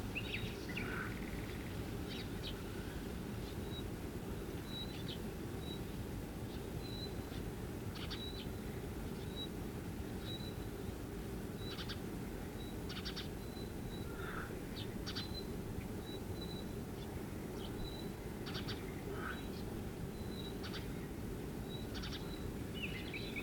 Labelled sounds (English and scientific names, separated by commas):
Woodchat Shrike (Lanius senator)